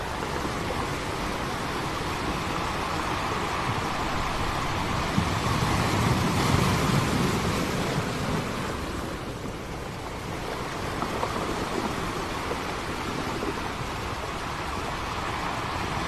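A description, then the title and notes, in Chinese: Sea wind blows in a dense, steady rush that fills the whole range from low rumble to bright hiss. A stronger gust swells around the middle, then eases briefly before the wind settles back to its constant level. 海风的声音。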